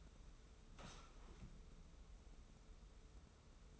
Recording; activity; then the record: daily activity, microphone in the room; sit down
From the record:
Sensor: 1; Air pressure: 994.4 hPa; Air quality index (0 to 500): 220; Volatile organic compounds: 1000 ppm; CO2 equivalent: 7882 ppm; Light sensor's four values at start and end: 113/254/114/123 and 126/288/129/141